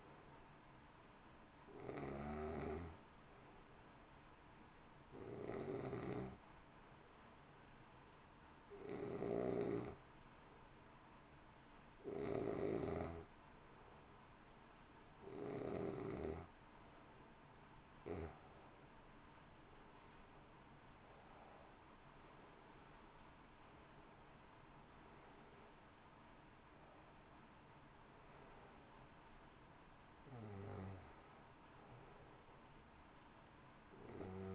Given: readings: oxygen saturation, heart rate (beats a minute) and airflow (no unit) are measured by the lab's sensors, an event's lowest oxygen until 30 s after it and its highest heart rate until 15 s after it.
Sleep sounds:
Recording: breathing in sleep by a voice recorder at the bedside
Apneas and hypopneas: 1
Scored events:
6.00-20.90 s: hypopnea (N2, oxygen 92% highest, then 87% lowest, heart rate 59 at the start, 68 highest)
From the record:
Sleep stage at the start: N2 (light sleep)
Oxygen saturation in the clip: 87 to 92%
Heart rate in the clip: 56 to 68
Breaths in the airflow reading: 10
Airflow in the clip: -1.7 to 2.5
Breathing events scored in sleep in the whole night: 328 in 6.3 hours asleep

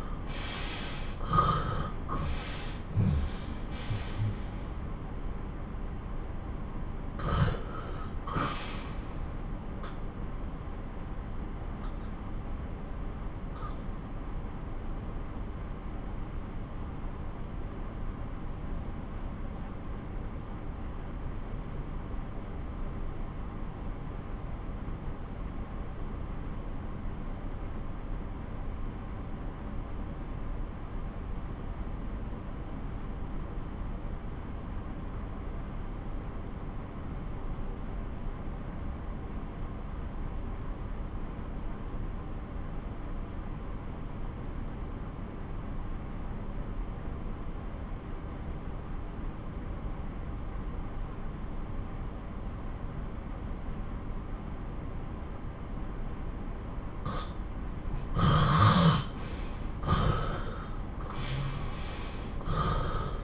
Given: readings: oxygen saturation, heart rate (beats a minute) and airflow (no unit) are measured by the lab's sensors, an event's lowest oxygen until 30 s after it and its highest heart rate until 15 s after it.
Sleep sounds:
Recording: breathing in sleep by a smartphone at the bedside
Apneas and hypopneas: 1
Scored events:
4.00-56.00 s: obstructive apnea (REM, oxygen 94% highest, then 84% lowest)
From the record:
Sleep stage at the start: REM sleep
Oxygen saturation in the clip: 71 to 94%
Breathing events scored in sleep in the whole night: 217 in 6.3 hours asleep

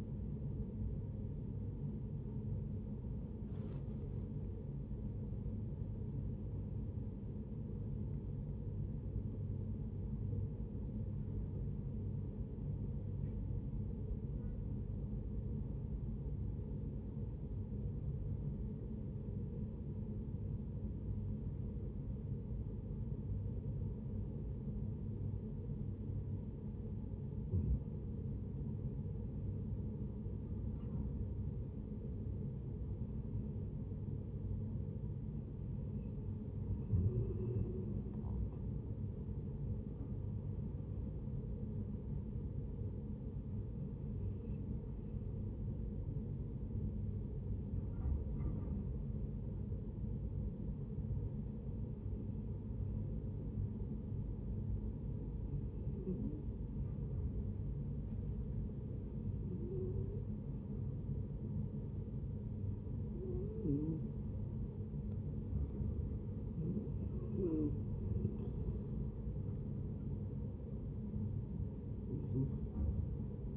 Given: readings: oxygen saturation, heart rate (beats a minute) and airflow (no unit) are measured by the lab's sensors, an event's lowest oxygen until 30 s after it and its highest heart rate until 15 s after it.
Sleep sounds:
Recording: breathing in sleep by a smartphone at the bedside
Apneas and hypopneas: 2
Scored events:
0.00-12.00 s: awake
10.00-40.00 s: new sleep stage, N1 (lightest sleep)
13.00-29.00 s: hypopnea (N1, oxygen 95% highest, then 91% lowest)
40.00-70.00 s: new sleep stage, N2 (light sleep)
47.00-67.70 s: hypopnea (N2, oxygen 94% highest, then 89% lowest)
70.00-73.57 s: new sleep stage, awake
71.00-73.57 s: awake
From the record:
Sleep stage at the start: awake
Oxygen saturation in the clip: 91 to 96%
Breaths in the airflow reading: 18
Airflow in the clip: -8.6 to 9.7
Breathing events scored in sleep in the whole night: 496 in 5.4 hours asleep

